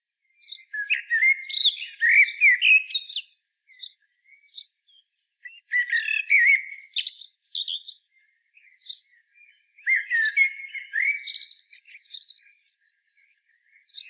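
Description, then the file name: Common blackbird song: three warbled phrases of fluty whistles and high, squeaky twitter, with soft chirps between. "Turdus merula"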